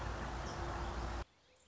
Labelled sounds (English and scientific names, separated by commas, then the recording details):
American Robin (Turdus migratorius)
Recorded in Sonoma County, California